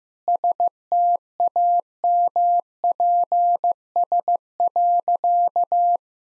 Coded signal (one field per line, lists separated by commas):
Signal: Morse code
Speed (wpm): 15 wpm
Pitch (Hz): 700 Hz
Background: none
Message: STAMPS.